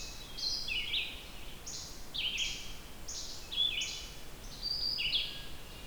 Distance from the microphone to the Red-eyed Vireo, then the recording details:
about 25 m. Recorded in boreal forest in Alberta, Canada, on 28 June 2016 at 07:18. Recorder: SongMeter 3, array SBT-6-79. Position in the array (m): 119 m, 191 m